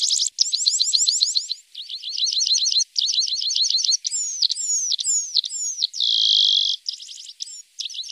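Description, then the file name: Lark song: energetic mix of fast high trills, swooping slurred whistles and a rasping buzzy note, delivered almost without pause. Masteran tutor song used to train songbirds. "masteran untuk lark"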